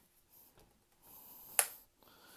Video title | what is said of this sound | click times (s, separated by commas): Fatboy Traverse 2 Review and Comparison to Manfrotto Carbon Fiber Tripod | that's the first click and | 1.6 s